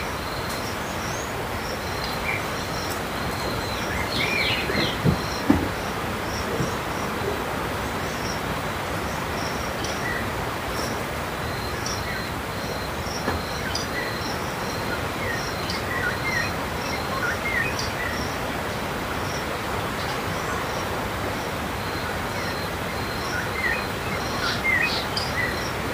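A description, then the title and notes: Morning outdoors beside the Zambezi River, with a steady, dense wash of low natural noise under scattered bird calls. Repeated short, bright chirps sound through the clip from birds, and a brief louder knock comes near the five-second mark. Morning on the Zambezi River. Recorded near Simonga, Zambia.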